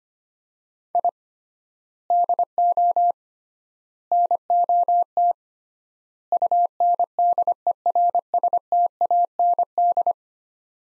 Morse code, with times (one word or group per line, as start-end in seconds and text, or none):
0.9-1.1 I
2.1-3.1 DO
4.1-5.3 NOT
6.3-10.1 UNDERSTAND